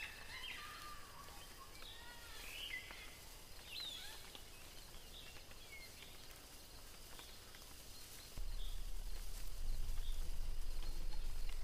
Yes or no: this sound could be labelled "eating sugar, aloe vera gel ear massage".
no